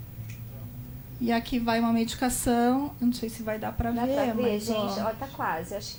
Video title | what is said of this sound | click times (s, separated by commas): Bate papo - Saúde e Bem Estar - 22 09 2020 | ele é eu só também tinha uma névoa então a gente faz o clique aqui | 0.3 s